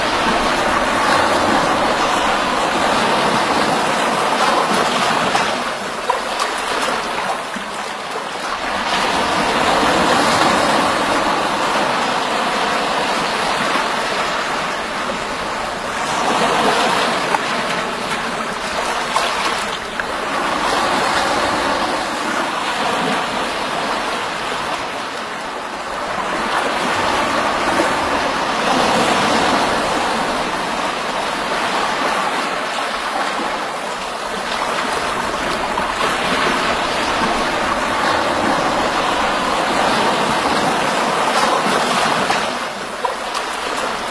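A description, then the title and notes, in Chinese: Ocean waves roll in a steady dense wash, swelling every few seconds around 6, 16, 20 and 40 seconds, with no birds audible. 大海浪声无鸟。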